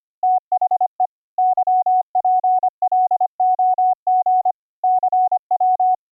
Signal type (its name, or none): Morse code